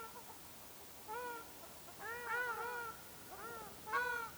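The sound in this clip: Ruddy shelduck calls: a few nasal, bugling honks, some overlapping in a short excited burst, then two more separate calls.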